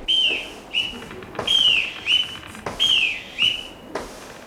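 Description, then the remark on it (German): A shrill boatswain's pipe on a ship sounds three times, calling the crew to scrub the deck, each call a longer high note sliding down followed by a short chirp, over faint clattering background noise. “Deckscheuer nach der Pfeife des Bootsmannes.”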